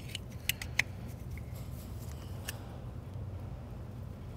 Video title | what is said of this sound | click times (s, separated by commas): Volkswagen 1.8t Ignition Coil & Spark Plug Replacement DIY (VW Mk4 - Golf, Jetta, Passat, Beetle) | that's that tab uh moving over a notch on the coil and just snapping into place | 0.5 s, 0.8 s